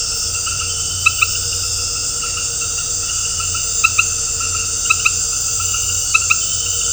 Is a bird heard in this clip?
no